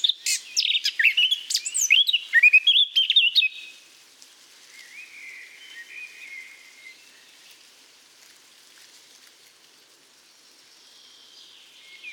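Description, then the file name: Eurasian blackcap warbling song, a hurried jumble of chattering notes for about four seconds, followed by faint drawn-out whistles and quiet background. "Sylvia atricapilla"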